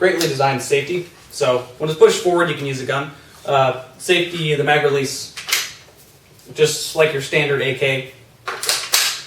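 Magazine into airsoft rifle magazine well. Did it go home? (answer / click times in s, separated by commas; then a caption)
yes / 8.7 s, 8.9 s. A magazine is inserted into the magazine well of a G&P M14 DMR airsoft rifle while someone talks. The magazine clicks into place at 8.7 s and 8.9 s, seating solidly with no wobble.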